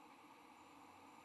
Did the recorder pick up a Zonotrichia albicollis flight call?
no